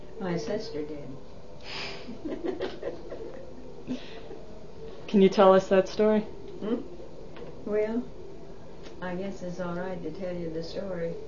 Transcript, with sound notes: My sister did. ( they laugh )
Can you tell us that story?
Huh? Well, I guess it's all right to tell you the story.